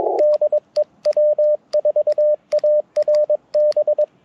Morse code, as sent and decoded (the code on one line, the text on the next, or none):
-.. . .-- ....- .- .-. -...
DEW4ARB